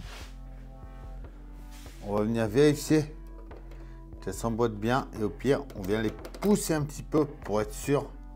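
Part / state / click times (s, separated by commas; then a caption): ship model part tabs into the hull structure / not seated / none. Someone talks over background music while pressing the small rear tabs of a metal and wood part for a Hachette Titanic ship model (issue 136) into the hull structure, pushing them slightly to make sure they fit fully into place. Faint handling knocks come at about 1.3, 3.5, 3.7 and 4.1 seconds. Nothing has seated or clicked yet.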